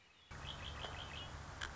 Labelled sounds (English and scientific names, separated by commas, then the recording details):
Red-winged Blackbird (Agelaius phoeniceus)
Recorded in Sonoma County, California